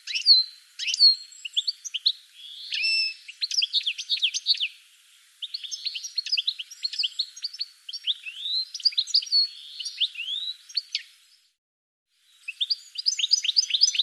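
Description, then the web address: Bird warbling almost without pause, mixing sharp chirps, sliding whistles and twittery runs, with one short break of silence near the end. "cianscape birddata"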